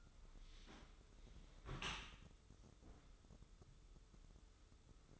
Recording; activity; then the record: daily activity, microphone in the room; close dishwasher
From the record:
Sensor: 3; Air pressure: 995.8 hPa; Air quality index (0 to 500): 97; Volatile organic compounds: 13 ppm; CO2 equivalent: 2420 ppm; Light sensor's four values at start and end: 29/87/36/32 and 29/87/36/32